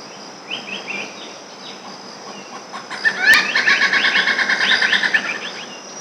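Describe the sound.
Malabar grey hornbill giving a loud, rapid cackling series of harsh repeated notes lasting about two seconds, over a steady high drone and a few softer earlier calls.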